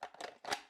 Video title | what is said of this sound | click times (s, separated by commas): Concealed Handgun (CCW) Programs at Your Church | it locks in place you can't pull it out to get this out you have to hit the magic button | 0.0 s